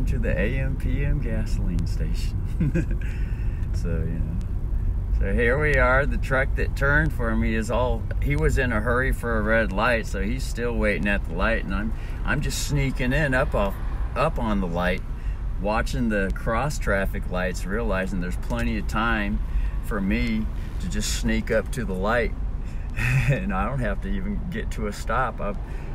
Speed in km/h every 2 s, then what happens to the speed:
19, 16, 14, 11, 11, 9, 6, 6, 6, 7, 5, 5, 5.
0-11 slows to 6. 11-26 steady at about 6.